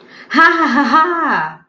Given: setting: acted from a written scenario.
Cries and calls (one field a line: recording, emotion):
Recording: vocal sound without words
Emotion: negative surprise